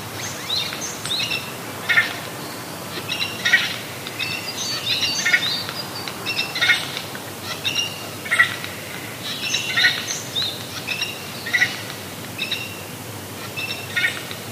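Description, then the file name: Eurasian jay giving harsh, raspy calls in short bursts, repeated irregularly every few seconds, over a quiet hiss of background noise. "kakesu"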